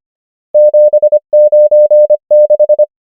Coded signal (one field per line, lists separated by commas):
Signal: Morse code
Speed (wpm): 25 wpm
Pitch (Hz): 600 Hz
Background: none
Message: 7 9 6